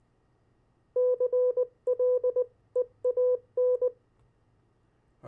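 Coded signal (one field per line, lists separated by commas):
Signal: Morse code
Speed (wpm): 20 wpm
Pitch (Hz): 500 Hz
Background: none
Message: CLEAN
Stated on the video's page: CW copy practice of opposite words, pen-and-paper follow-along.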